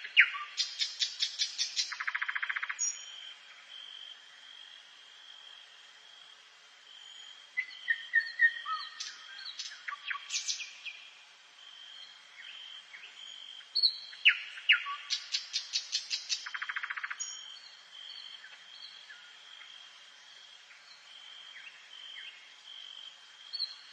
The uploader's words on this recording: The rainforest bird singing in the primeval forest, the soothing insect chirping.